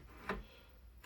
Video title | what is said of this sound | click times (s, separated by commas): Baikemon 8-1/4 inch 20V Cordless Sliding, DeWalt Compatible Brushless Miter Saw Review | Every time you hit one of these major points, you will feel it lock into place. And you'll actually hear it. | 0.3 s